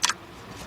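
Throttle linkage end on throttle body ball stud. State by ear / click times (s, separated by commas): released / 0.0 s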